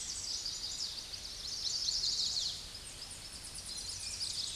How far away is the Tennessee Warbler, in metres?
about 45 m